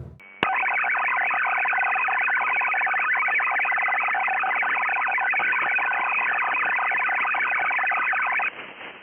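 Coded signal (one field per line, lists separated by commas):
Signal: automatic link establishment (ALE)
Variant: 2G, 8-FSK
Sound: rapid warbling burst of eight alternating tones, steady for about eight seconds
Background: radio static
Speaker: vocês Provavelmente em ssv já se depararam com esse som aqui ó hoje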